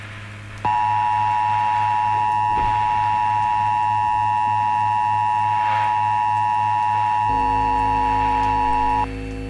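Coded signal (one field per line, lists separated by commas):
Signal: Emergency Alert System (SAME) tones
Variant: 853 and 960 Hz attention tone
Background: music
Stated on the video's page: SAME tones in a fictional EAS scenario.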